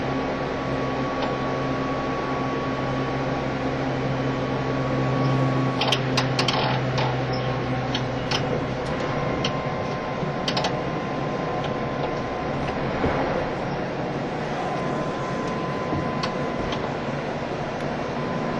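Interior sound of a JR East E351 series tilting train running as a Super Azusa: a steady low rumble with a constant mid-pitched whine throughout. Between about 5 and 13 seconds, sharp clacks and rattles from the track break through, then the ride settles back to its even drone.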